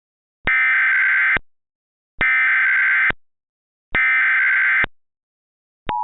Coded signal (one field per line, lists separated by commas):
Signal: Emergency Alert System (SAME) tones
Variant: header bursts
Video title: EAS - Santa Cruz Tornado